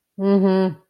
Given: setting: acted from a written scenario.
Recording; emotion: vocal sound without words; neutral